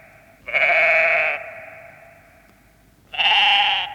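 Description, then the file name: Sheep giving two strong bleats, the second a little higher, separated by a long fading tail and a short quiet pause. "Animal Sheep"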